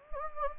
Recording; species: mosquito wingbeat signal from an infrared sensor; Anopheles gambiae